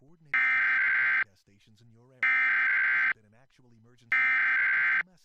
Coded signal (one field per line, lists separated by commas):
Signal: Emergency Alert System (SAME) tones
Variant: header bursts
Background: speech